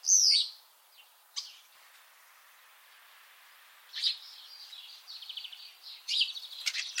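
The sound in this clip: Common starling calls: a loud descending whistle, then a lull, followed by rattling, clicking and buzzy notes in bursts, with a harsh chattering phrase near the end.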